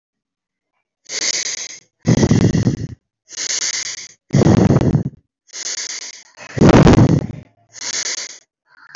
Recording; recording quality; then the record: deep breathing; excellent, no background noise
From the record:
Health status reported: exposed to COVID-19, no respiratory illness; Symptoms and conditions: none ticked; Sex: male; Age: 22 years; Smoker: not ticked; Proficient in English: yes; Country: India